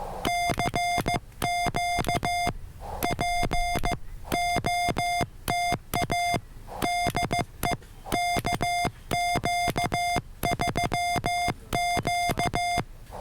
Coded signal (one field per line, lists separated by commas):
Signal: Morse code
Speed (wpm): 15 wpm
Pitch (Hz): 700 Hz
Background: music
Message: CQ POTA DE KQ3Q